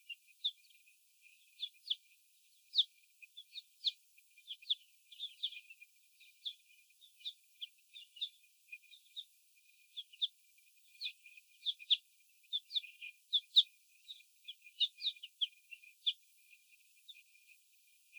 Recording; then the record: young laying hens in a cage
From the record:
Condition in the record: before the stressor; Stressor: sudden umbrella opening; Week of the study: 2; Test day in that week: 1